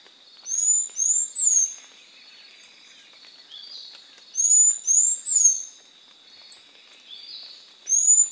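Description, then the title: Bird song of very high, thin whistled notes in quick runs of three, each sweeping up then down, with phrases repeated about every four seconds over a steady high hum. "LuckyPassaro Completos2Sama"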